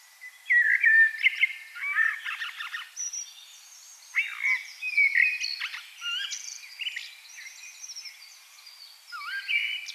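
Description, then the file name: Common blackbird singing in bursts of mellow fluted notes mixed with scratchy high twitters, loudest near the start and again around four and nine seconds. "Turdus merula"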